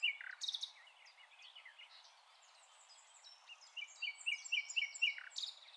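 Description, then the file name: Common nightingale: songbird phrases of varied chirps and whistles, with a short run of quick repeated notes toward the end, fairly soft throughout. "Luscinia megarhynchos"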